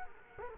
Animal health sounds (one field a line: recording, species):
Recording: mosquito wingbeat signal from an infrared sensor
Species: Culex quinquefasciatus